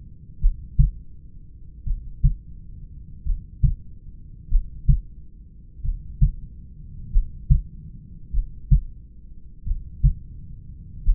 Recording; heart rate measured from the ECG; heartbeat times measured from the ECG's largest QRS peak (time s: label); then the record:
heart sounds by stethoscope; 45 bpm
0.44 s: heartbeat
1.89 s: heartbeat
3.28 s: heartbeat
4.53 s: heartbeat
5.87 s: heartbeat
7.15 s: heartbeat
8.36 s: heartbeat
9.69 s: heartbeat
11.08 s: heartbeat
From the record:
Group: heart failure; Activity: rest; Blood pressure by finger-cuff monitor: 86/62 mmHg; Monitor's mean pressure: 71 mmHg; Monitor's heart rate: 45 bpm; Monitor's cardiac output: 4.1 L/min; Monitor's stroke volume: 89 mL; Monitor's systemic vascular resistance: 1240 dyn s/cm5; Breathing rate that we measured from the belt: 17 breaths a minute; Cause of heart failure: familial cardiomyopathy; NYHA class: 1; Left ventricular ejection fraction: 49%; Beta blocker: bisoprolol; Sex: male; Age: 31 years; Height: 194 cm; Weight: 96 kg